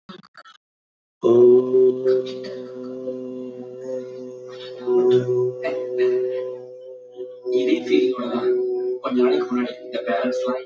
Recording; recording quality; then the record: sustained vowel as in boot; poor, much background noise or distortion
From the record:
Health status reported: healthy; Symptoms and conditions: none ticked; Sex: male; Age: 44 years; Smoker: not ticked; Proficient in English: yes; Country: India